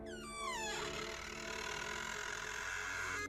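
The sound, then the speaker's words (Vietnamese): A bedroom door creaks slowly open with a long, drawn-out groan, its pitch sliding downward at first and then holding as a steady, grinding squeal for several seconds. “cánh cửa buồng được Rách khép lại khe khẽ từ từ mở ra, kêu lên tiếng kêu kẽo kẹt”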